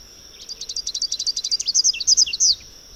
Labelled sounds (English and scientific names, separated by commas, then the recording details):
Rufous-capped Warbler (Basileuterus rufifrons) song
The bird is a male
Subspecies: rufifrons
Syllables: 22
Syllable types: 6
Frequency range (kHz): 2.1-6.5 kHz
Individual FV-RSN-M